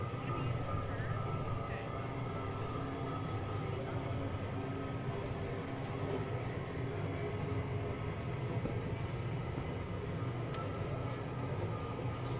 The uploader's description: A relaxing audio journey through Disneyland park in Anaheim, California.